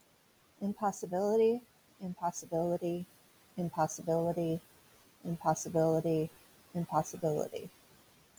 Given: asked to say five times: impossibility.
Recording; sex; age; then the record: repeated word; female; 40 to 49 years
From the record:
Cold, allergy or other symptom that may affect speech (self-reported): no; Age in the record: 48 years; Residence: California, United States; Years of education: 12